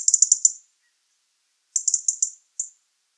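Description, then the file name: European robin calling in two fast series of high, clipped ticks followed by one lone tick, with nothing else audible. "Erithacus rubecula"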